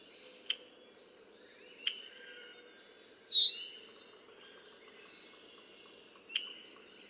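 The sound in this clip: Red-winged blackbird giving one loud, sharply descending whistle midway, with scattered clicks and soft twittering around it.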